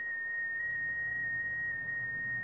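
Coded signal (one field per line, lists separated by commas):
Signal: FT8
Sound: a single steady whistle-like tone near 1.9 kHz, shifting pitch in tiny steps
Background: faint background hiss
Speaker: that's what ft8 sounds like this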